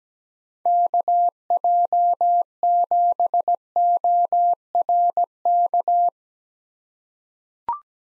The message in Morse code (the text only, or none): KJ7ORK